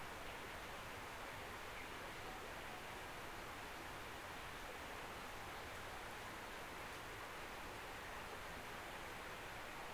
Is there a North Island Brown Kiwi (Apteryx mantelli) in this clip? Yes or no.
no